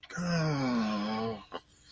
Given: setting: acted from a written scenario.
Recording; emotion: vocal sound without words; disappointment